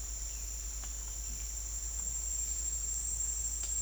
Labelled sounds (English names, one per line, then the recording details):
none
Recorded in secondary vegetation near Puerto Asís, Putumayo, Colombia, on 20 December 2024 at 08:00
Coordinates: 0.484, -76.319
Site GP06